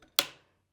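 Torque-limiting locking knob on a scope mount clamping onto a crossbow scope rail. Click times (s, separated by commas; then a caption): 0.2 s. The torque-limiting locking knob on the right side of a Garmin XERO X1i rangefinding crossbow scope mount is tightened down onto the scope rail of a TenPoint crossbow. After a faint tick, one sharp, bright click sounds at 0.2 s and rings out until about 0.45 s, followed by another faint tick at the very end. The click shows the knob has reached the needed torque setting, so the mount stays firm and secure on the rail.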